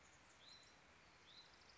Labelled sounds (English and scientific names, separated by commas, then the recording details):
Hutton's Vireo (Vireo huttoni)
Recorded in Sonoma County, California